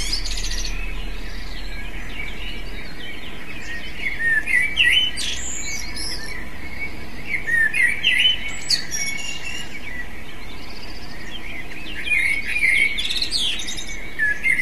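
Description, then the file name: Eurasian blackbird song: several separate fluty warbled phrases, each finishing in high scratchy twitters, spaced by pauses of a few seconds, steady low rumble underneath. "merle"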